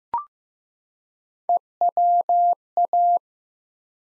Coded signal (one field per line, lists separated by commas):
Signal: Morse code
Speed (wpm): 15 wpm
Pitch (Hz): 700 Hz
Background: none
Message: EWA